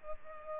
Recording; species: mosquito wingbeat signal from an infrared sensor; Culex pipiens